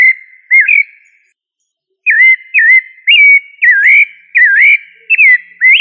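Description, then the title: Thrush song: an opening whistled phrase, a pause, then a run of short slurred whistled phrases, each dipping and rising, repeated about every half second. "Familia Turdidae - Sabia"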